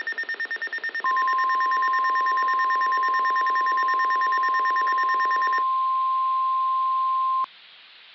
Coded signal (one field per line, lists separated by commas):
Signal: Emergency Alert System (SAME) tones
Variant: 1050 Hz attention tone